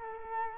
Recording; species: mosquito wingbeat signal from an infrared sensor; Culex quinquefasciatus